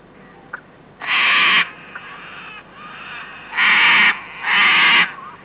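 Cockatoo giving harsh, raspy screeches, three loud bursts each lasting about half a second, with quiet background noise between them.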